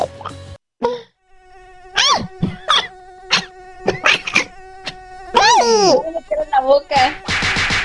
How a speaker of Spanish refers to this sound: ¡Ya! ¡Se murió el mosquito! ¡Ni modo, mosco! Si me querías picar, te chingué.